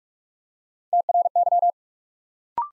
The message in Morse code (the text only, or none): TRY